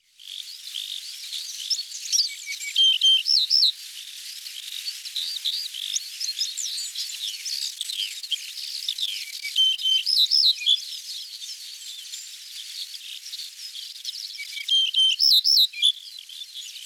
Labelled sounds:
Yellow-breasted Bunting song
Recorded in the wild
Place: Zha Long NSG, CN
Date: 1996-06-07
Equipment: Dat-Recorder Casio DA 7, Telinga DAT, Telinga-Parabolspiegel
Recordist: Schwarz, Dieter

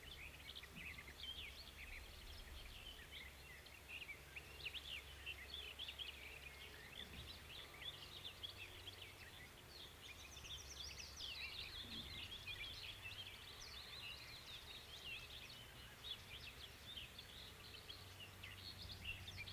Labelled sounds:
Lesser Spotted Woodpecker call
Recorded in the wild
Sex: male
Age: juvenile
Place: Schloß Holte-Stukenbrock, Senne, Nordrhein-Westfalen, DE
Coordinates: 51.8667, 8.66667
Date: 1968-06-16
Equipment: Uher 4000 Report-S, Bändchenmikro Beyer M 260, Parabolspiegel Polyester (470 mm)
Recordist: Conrads, Klaus

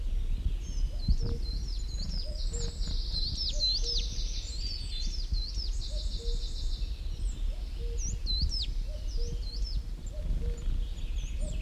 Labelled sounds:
Coal Tit
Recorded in the wild
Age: adult
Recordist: Brunner, Thomas

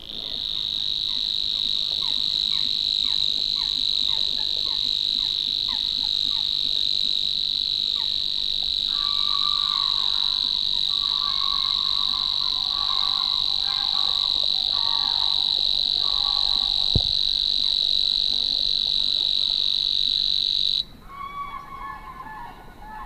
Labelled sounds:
Savi's Warbler
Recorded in the wild
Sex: male
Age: adult
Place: Warsow, Kummerower See, Mecklenburg-Vorpommern, DE
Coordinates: 53.8358, 12.8406
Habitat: wetland
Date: 2013-05-23
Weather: cloudy, weak wind, 15°C
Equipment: Sound Devices 702, Sennheiser MKH 70, Rycote Windschutz
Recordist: Frommolt, Karl-Heinz

